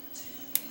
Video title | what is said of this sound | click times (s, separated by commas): Samsung LN32B360 LCD TV REPAIR Voltages and Troubleshooting | you can hear a click on each end as you insert the cable. | 0.5 s